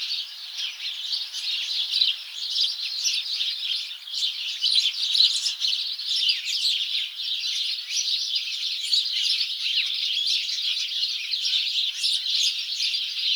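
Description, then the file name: House sparrows chirping in a dense, continuous chorus, many overlapping short chirps with no pauses throughout. "Passer domesticus"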